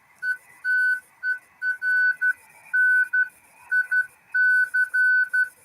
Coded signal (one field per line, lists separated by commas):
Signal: Morse code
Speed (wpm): 12 wpm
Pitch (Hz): 1500 Hz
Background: music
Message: ETERNIC